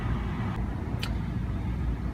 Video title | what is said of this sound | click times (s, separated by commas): How to Install a Rear Add a Leaf - 2006 GMC Sierra Z71 | line all that up, and you'll hear it clunk into place, but make sure it's all lined up. | 1.0 s